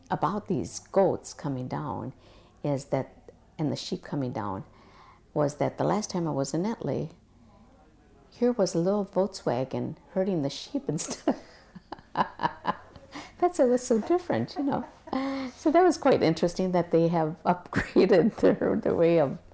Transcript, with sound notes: about these goats coming down is that, and the sheep coming down, was that the last time I was in Italy, here was a little Volkswagon hearing the sheep instead of... ( she laughs ) That was so different, you know? ( they laugh ) That was quite interesting that they have upgraded the way of